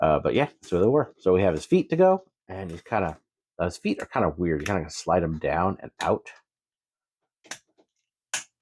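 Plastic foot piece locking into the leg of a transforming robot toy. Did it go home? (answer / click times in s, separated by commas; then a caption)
yes / 8.3 s. Someone talks while sliding the plastic feet of a transforming robot toy (a Transformers retro G1 Kup) down and out during transformation. After a quiet pause and a faint tick at 7.5 s, a sharp snap at 8.3 s marks the plastic foot piece locking into place in the leg.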